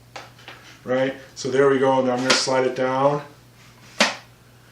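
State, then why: Seated. An 8x10 film holder is inserted into the spring back of a Toyo large-format field camera and slid down until its ridges snap into the grooves and lock it in place. Someone talks while faint taps sound early on, then a sharp click at 4.0 s marks the holder seating and locking in.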